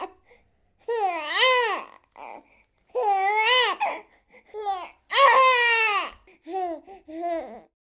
Infant Baby Cry.